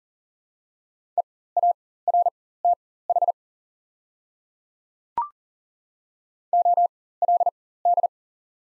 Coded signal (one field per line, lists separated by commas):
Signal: Morse code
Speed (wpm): 40 wpm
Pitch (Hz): 700 Hz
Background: none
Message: EARTH OLD